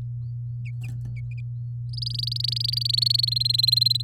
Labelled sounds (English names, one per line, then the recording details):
Domestic Canary song
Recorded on 6 May 2018 at 08:26
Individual llb16